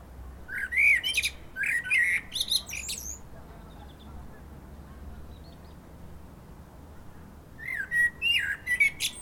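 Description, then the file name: Common blackbird song: mellow warbles ending in high scratchy twitters, a long quiet pause, then another phrase near the end. "Turdus merula"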